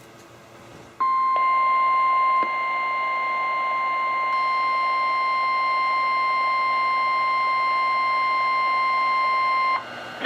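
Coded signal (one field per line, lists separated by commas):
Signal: Emergency Alert System (SAME) tones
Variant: 1050 Hz attention tone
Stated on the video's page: Real NOAA Weather Radio alerts from Sterling, VA for central Maryland storms: required weekly test, severe thunderstorm and special marine warnings.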